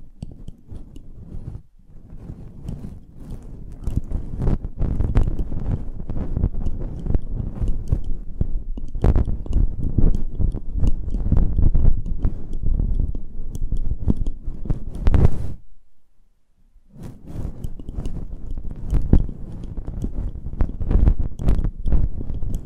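Close-up ASMR mic treatment: dense, crackling rustles and crunchy scratches run nearly nonstop, mostly low and thick, with sharp brighter clicks scattered throughout. The sound drops out briefly around two seconds and goes quiet for about a second near sixteen seconds before resuming.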